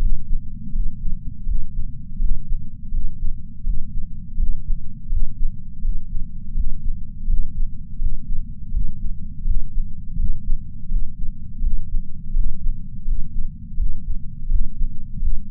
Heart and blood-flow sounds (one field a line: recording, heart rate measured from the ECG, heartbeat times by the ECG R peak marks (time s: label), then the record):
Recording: heart sounds by patch sensor on the chest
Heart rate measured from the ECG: 83 bpm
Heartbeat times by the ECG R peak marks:
0.73 s: heartbeat
1.46 s: heartbeat
2.19 s: heartbeat
2.92 s: heartbeat
3.64 s: heartbeat
4.37 s: heartbeat
5.10 s: heartbeat
5.82 s: heartbeat
6.54 s: heartbeat
7.27 s: heartbeat
7.99 s: heartbeat
8.72 s: heartbeat
9.44 s: heartbeat
10.17 s: heartbeat
10.89 s: heartbeat
11.61 s: heartbeat
12.34 s: heartbeat
13.05 s: heartbeat
13.77 s: heartbeat
14.49 s: heartbeat
15.20 s: heartbeat
From the record:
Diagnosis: coronary artery disease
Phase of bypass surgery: preoperative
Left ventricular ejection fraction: 63.3%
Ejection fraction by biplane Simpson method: 60.1%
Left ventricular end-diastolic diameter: 44 mm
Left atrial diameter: 34 mm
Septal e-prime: 5.7 cm/s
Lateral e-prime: 6.6 cm/s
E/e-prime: 12.8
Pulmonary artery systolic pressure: 18 mmHg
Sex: female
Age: 71 years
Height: 150 cm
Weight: 59 kg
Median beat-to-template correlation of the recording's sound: 0.93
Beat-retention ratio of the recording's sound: 0.99